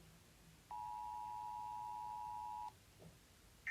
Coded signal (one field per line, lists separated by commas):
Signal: Emergency Alert System (SAME) tones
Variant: 853 and 960 Hz attention tone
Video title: American Eas Alarm